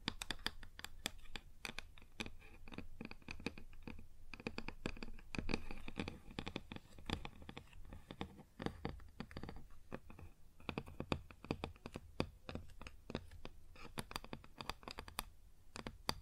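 Fingers tap and scratch on a wooden surface in a busy, irregular stream of small clicks and scrapes. The sharp taps come rapidly throughout, with brief scratchy passages between them, and a low steady hum runs underneath the whole time.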